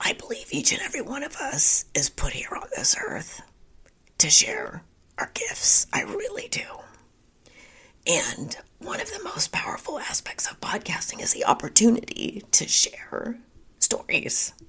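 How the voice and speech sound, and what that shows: Adult woman's whispery, breathy speech with creaky breaks and patchy voicing, sounding like laryngitis with moments of clarity, fitting spasmodic dysphonia.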